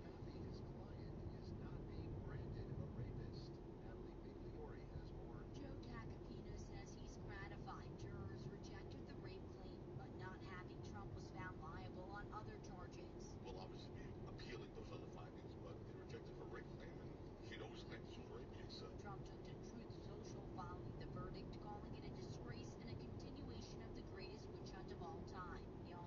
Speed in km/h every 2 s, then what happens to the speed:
44, 44, 45, 44, 44, 43, 43, 42, 42, 43, 44, 45, 44.
0-26 steady at about 44.